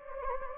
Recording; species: mosquito wingbeat signal from an infrared sensor; Anopheles gambiae